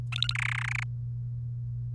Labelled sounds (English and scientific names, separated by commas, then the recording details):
Domestic Canary (Serinus canaria) song
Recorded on 3 May 2018 at 06:26
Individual llb3